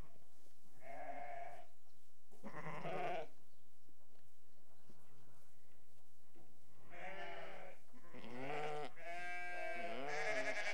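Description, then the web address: Sheep bleats, wavering harmonic calls in bursts, some higher-pitched than others. Restless sheep. "BBC Sound Effects Library BBC Animals and Birds Sheep Restless"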